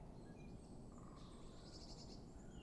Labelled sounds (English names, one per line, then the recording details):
Great Spotted Woodpecker
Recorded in Germany
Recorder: ecoPi